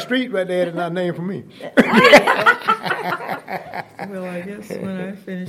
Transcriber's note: laughter